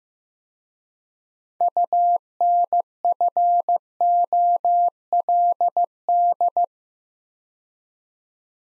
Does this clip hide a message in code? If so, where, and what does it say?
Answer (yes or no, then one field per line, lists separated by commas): yes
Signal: Morse code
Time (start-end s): 1.6-6.7 s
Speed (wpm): 15 wpm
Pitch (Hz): 700 Hz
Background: none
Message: UNFOLD